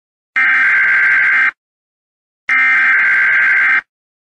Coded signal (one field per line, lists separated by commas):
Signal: Emergency Alert System (SAME) tones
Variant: header bursts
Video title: Emergency Alert System The MainFrame